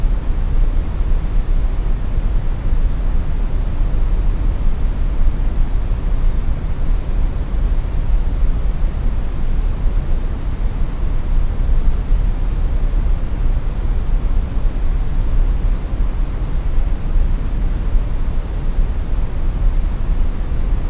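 Grey noise hisses steadily throughout, an even, unchanging wash weighted toward a soft low rumble with duller, quieter highs, without any distinct events.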